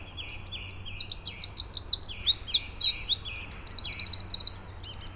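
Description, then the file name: Eurasian wren song: an extended, energetic burst of piercing high warbles and rattles that ends in a rapid machine-gun trill, about four seconds in all. "Troglodytes troglodytes"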